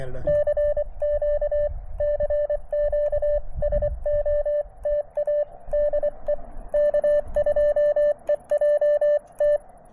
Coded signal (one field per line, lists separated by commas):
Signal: Morse code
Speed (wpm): 24 wpm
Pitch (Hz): 590 Hz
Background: speech, radio noise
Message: CQ CQ SOTA DE K2EJT